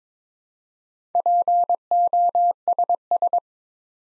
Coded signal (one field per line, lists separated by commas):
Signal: Morse code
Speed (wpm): 22 wpm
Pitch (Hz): 700 Hz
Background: none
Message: POSS